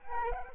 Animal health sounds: mosquito wingbeat signal from an infrared sensor; Aedes aegypti

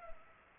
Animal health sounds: mosquito wingbeat signal from an infrared sensor; Culex pipiens

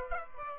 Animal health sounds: mosquito wingbeat signal from an infrared sensor; Aedes aegypti

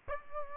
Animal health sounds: mosquito wingbeat signal from an infrared sensor; Aedes albopictus

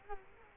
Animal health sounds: mosquito wingbeat signal from an infrared sensor; Culex quinquefasciatus

